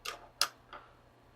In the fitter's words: when you slide this in it just makes a nice little clicking sound